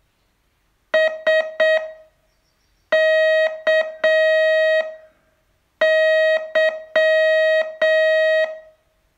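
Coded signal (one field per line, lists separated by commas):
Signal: Morse code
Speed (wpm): 7 wpm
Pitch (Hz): 630 Hz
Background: none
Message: SKY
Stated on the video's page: Morse training test, day 29 of a 42-day course.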